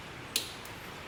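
An LED headlight bulb and its connector are pushed into the headlight housing of a Toyota Prius. A single sharp click sounds at 0.4 s against quiet background noise, with a faint higher tick afterward. The connector clicks in and the bulb is seated.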